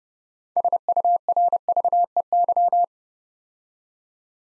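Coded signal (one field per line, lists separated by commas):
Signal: Morse code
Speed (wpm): 30 wpm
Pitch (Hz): 700 Hz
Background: none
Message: SURVEY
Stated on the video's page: Morse practice set building six-letter words three letters at a time at 30 wpm, for beginners working on instant character recognition.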